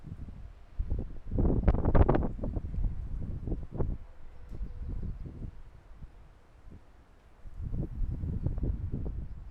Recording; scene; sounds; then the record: everyday scene through a hearing-aid microphone; wind on the microphone; squally wind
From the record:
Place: parking lot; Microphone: behind the ear, left, front